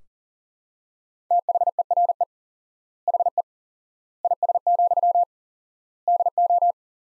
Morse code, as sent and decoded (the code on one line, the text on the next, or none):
- .... . .-. . / .... . / .. ... --..-- / -.. ---
THERE HE IS, DO